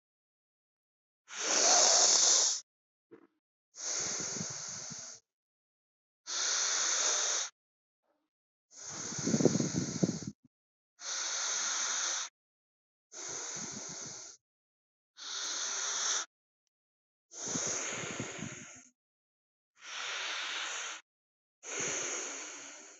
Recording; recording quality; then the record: deep breathing; excellent, no background noise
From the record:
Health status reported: healthy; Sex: male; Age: 25 years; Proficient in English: yes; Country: India